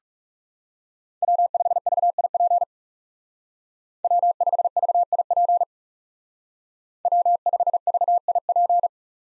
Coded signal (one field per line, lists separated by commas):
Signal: Morse code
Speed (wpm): 36 wpm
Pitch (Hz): 700 Hz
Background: none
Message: W5VIP W5VIP W5VIP